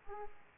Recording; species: mosquito wingbeat signal from an infrared sensor; Aedes aegypti